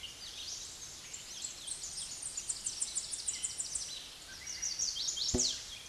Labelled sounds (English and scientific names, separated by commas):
Tennessee Warbler (Leiothlypis peregrina) song